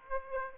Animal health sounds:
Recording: mosquito wingbeat signal from an infrared sensor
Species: Aedes aegypti

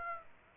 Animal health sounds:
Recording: mosquito wingbeat signal from an infrared sensor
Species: Aedes aegypti

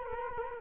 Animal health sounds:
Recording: mosquito wingbeat signal from an infrared sensor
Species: Culex quinquefasciatus

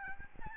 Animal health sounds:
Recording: mosquito wingbeat signal from an infrared sensor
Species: Aedes albopictus

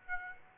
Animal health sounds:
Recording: mosquito wingbeat signal from an infrared sensor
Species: Aedes aegypti

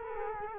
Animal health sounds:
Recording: mosquito wingbeat signal from an infrared sensor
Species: Culex quinquefasciatus

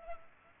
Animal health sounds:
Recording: mosquito wingbeat signal from an infrared sensor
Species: Culex pipiens

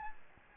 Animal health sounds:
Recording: mosquito wingbeat signal from an infrared sensor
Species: Aedes albopictus

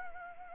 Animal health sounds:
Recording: mosquito wingbeat signal from an infrared sensor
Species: Anopheles arabiensis

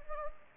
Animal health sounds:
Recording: mosquito wingbeat signal from an infrared sensor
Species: Anopheles gambiae

